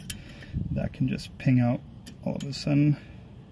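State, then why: Not seated. A metal brake pad clip sitting slightly off to one side in the rear brake caliper carrier of a Porsche Cayenne 958 is handled during a rear disc and pad replacement, since an off-center clip can ping out suddenly. A brief sharp tick sounds near 0.1 s while someone talks over the work. Nothing has seated or clicked yet.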